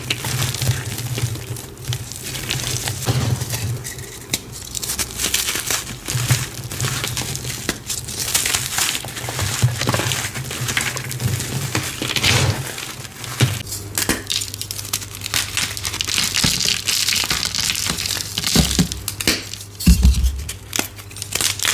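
Reformed gym chalk and cornstarch are crunched and crumbled in a steady run of gritty, crackling bursts, dense and bright with sharp snaps throughout. A low hum sits underneath, shifting pitch slightly around the midpoint, while the crunching continues without pause to the end.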